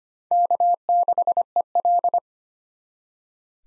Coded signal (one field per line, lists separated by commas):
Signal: Morse code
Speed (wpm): 25 wpm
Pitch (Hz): 700 Hz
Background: none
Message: K6EL